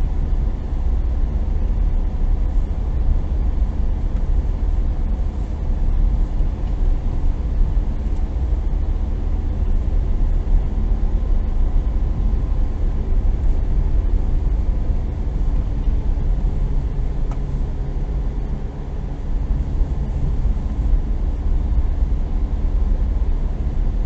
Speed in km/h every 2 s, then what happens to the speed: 21, 22, 21, 21, 22, 22, 21, 20, 20, 20, 21, 21.
0-24 steady at about 21.